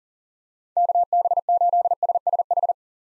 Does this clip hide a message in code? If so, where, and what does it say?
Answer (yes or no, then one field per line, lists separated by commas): yes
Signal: Morse code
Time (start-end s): 0.8-2.7 s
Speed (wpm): 40 wpm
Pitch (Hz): 700 Hz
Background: none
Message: KB8SSH